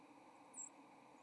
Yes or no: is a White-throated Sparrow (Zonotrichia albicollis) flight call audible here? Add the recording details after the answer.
yes. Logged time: 08:45 on 30 October 2014